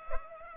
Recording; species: mosquito wingbeat signal from an infrared sensor; Culex pipiens